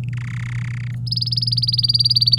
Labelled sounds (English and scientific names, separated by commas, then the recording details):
Domestic Canary (Serinus canaria) song
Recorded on 23 April 2018 at 14:18
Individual llb3